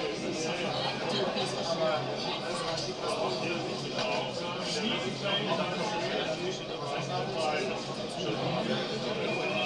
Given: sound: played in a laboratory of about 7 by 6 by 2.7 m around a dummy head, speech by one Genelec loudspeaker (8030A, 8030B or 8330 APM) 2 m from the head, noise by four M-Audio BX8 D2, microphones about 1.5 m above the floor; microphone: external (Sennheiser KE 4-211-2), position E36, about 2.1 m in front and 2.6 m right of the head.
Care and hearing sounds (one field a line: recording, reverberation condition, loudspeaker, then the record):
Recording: cafeteria noise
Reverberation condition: low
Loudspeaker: four, about 170 cm from the corners of the room and facing them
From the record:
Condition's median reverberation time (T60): about 310 ms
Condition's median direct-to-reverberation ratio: about 3.5 dB